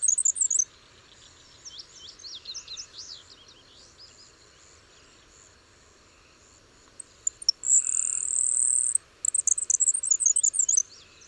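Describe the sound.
Bird song: a quick series of thin, high notes, then a loud buzzy high trill near the eighth second and a burst of rapid high chirps to finish.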